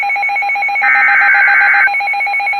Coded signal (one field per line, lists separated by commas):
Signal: Emergency Alert System (SAME) tones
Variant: header bursts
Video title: Severe Thunderstorm Warning On WXM51 (EAS MOCK) - 5/18/25 #COWX #WXM51